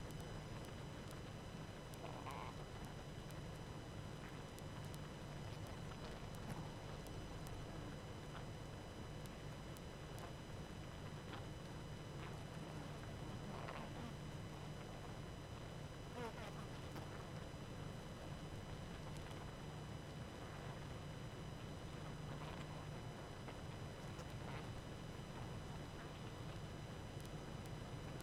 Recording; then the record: honeybee colony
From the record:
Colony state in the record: active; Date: 12 June 2018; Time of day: 19:30